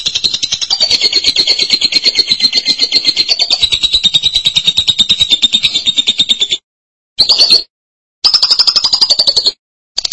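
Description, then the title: Lovebird giving a long, fast, buzzy chattering trill with a shrill high band, stopping briefly several times and resuming in shorter bursts. "BM Suara Burung Lovebird"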